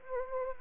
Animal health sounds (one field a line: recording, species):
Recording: mosquito wingbeat signal from an infrared sensor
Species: Anopheles arabiensis